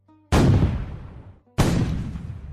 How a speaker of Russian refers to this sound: Раздавались все новые и новые выстрелы и взрывы. Стена Очакова продолжала разрушаться.